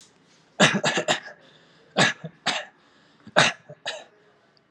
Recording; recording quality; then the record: shallow voluntary cough; excellent, no background noise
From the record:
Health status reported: healthy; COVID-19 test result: not tested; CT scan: not taken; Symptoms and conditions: breathing difficulty, fatigue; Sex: male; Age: 21 years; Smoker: yes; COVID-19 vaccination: both doses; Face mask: not worn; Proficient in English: yes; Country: India